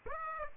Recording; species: mosquito wingbeat signal from an infrared sensor; Aedes aegypti